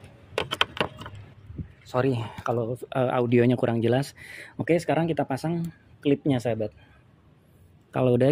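A plastic body panel on a Suzuki Satria Fi150 motorcycle is pulled at the gap so its locking clip lets go, giving a burst of sharp plastic clicks at 0.4, 0.5, 0.6 and 0.8 seconds. Someone then talks for the rest of the clip. The panel's clip comes loose and the panel is released.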